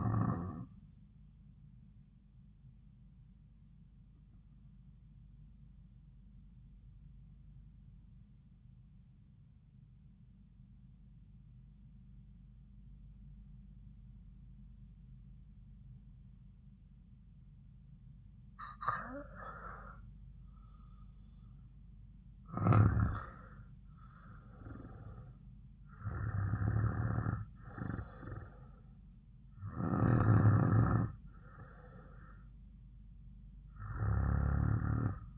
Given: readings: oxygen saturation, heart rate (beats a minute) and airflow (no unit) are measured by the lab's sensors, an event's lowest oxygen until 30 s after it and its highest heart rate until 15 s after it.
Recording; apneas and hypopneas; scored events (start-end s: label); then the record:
breathing in sleep by a smartphone at the bedside; 1
6.00-18.90 s: obstructive apnea (REM, oxygen 95% highest, then 89% lowest)
From the record:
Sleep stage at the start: REM sleep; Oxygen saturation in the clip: 90 to 95%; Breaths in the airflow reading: 5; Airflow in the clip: -6.9 to 8.0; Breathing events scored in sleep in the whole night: 270 in 6.1 hours asleep